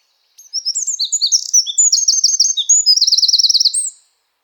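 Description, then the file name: Eurasian wren singing a vigorous, high-pitched burst of tumbling notes and quick trills, ending in a rapid rattle before falling silent near the end. "Troglodytes troglodytes"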